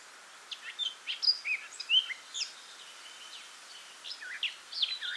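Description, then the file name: Eurasian blackcap with bursts of sharp, high chirps and short slurred whistles, run together in an uneven twittering warble with brief gaps. "Sylvia atricapilla"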